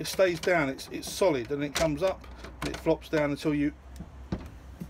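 Someone talks while handling the hinged plastic part on a Ryobi R18PV-0 cordless shop vac, lifting it and letting it flop down. Two brief knocks are heard at about 4.0 and 4.3 seconds as it is handled. The part has not yet clicked or locked into place.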